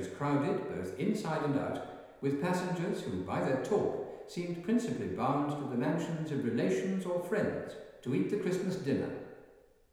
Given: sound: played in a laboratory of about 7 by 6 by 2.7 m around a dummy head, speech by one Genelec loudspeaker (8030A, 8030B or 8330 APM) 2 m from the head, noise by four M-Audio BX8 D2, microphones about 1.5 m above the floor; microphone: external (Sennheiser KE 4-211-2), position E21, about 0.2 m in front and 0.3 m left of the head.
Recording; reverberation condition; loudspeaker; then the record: male speech in English; high; in front (0 degrees)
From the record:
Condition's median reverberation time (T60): about 1300 ms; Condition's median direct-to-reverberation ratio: about -4.0 dB